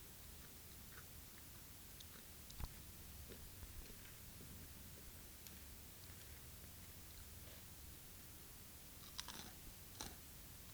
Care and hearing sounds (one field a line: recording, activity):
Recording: daily activity, guitar pickup as the sensor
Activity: eat